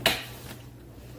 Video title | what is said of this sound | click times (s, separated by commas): Review Nespresso Vertuo Next Single Serve Coffee and Espresso Machine by De'Longhi with Aeroccino Mi | and you can hear it snap in and then you lock it into place. | 0.1 s